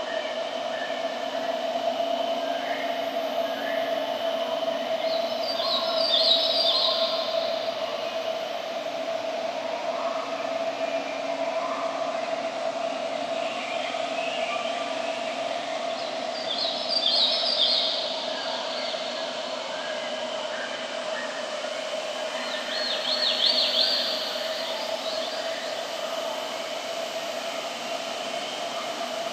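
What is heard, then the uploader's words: A distant, otherworldly forest ambience built on a steady mid-low drone with a fainter hum beneath it. Bright, fluttering trills rise out of the wash three times, near 6, 17 and 24 seconds, while soft chirps and murmurs drift through the background. Distant Planetary Forest Sounds.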